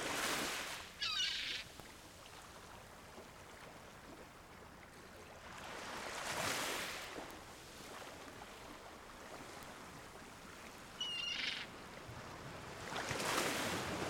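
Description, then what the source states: Gull calling in two short bursts of rough, stacked notes, well apart, while waves roll in and break. Gulls heard over sea waves.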